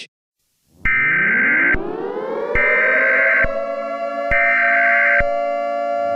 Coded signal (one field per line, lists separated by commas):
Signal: Emergency Alert System (SAME) tones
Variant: header bursts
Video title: EAS Scenario - The Intrusion